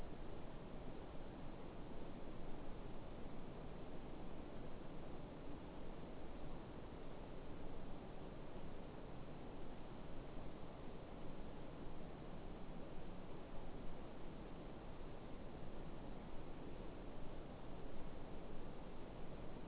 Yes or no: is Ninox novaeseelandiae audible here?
no